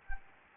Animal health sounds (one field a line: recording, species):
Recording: mosquito wingbeat signal from an infrared sensor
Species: Anopheles gambiae